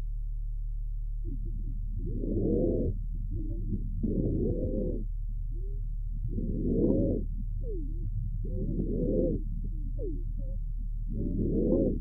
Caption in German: Giemtöne unterschiedlicher Frequenzen, die zu einem Fauchen vereinigt sind aufgenommen bei einem. Pferd mit chronisch obstruktiver Bronchitis.